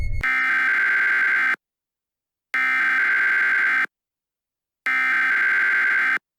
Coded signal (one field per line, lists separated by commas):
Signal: Emergency Alert System (SAME) tones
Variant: header bursts